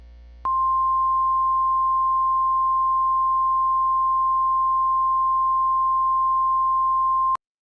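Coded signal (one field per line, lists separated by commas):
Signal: Emergency Alert System (SAME) tones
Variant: 1050 Hz attention tone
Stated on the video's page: Fictional EAS scenario for a plane crash, simulated rather than a real alert.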